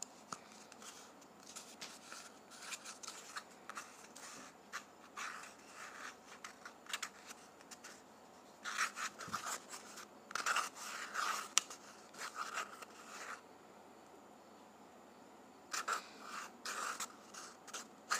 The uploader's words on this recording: ASMR Toilet Paper.